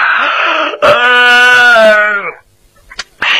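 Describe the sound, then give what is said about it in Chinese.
A voice mimics yawning: a breathy hiss, then a long drawn-out vocal groan that slides downward in pitch, followed by a brief pause, a soft sniff and the start of another breathy yawn. “徐良把门关上，在里头插好了，假装着打了几个哈欠。”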